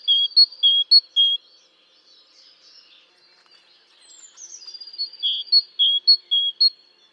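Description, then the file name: Great tit song: a quick run of sharp two-note phrases, a quiet gap, then a second run preceded by a thin falling note. "Parus major"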